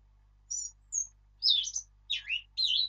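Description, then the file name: Eurasian blackcap singing a short phrase: two high thin notes followed by loud, rich, fluty warbled flourishes. "Sylvia atricapilla"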